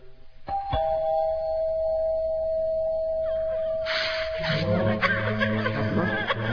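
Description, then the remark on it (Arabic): A doorbell sounds with a sharp strike and then a steady, ringing electronic tone that holds for several seconds before voices and chuckling noises break in over it. “ندق الجرس.”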